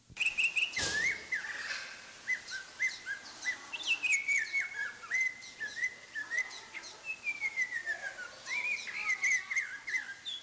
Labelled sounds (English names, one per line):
Snowy-crowned Robin-Chat song